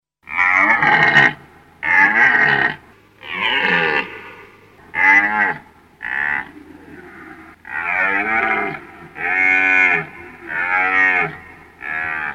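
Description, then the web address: Deer calling in a long run of about ten harsh, harmonic bellows, some shorter and grunting, others drawn out, each roughly a second apart, with a faint low hum beneath. "hirsch"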